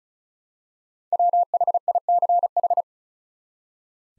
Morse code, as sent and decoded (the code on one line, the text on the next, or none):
.-- .... .. -.-. ....
WHICH